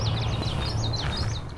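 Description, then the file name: Bullock's oriole song: high, slurred chirping notes repeated rapidly and unevenly, heard over a constant low rumble. June 2016. "Bullocks Oriole Sawhill Ponds"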